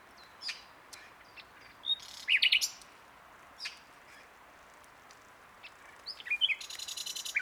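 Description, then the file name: Common nightingale giving sparse high chirps, a brief loud burst of notes, then a fast repeated trill at the end. "Luscinia megarhynchos"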